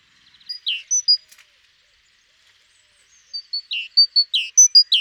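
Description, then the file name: Great tit calling in two bursts of high, sharp notes, each high note followed by a downward slur, with a silent gap between the bursts. "Parus major"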